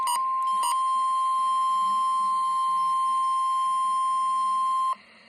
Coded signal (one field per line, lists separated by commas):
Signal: Emergency Alert System (SAME) tones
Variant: 1050 Hz attention tone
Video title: Weather Radio EAS #184 (Child Abduction Emergency)